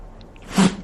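A single short, sharp burst of air from a bearded collie dog, a quick sneeze after near silence.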